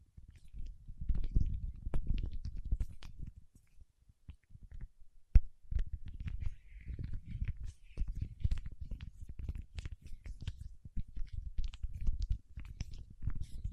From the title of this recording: Paraffin Wax Peeling, Tapping and Scratching